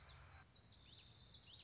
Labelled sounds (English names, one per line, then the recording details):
Common Yellowthroat
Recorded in Sonoma County, California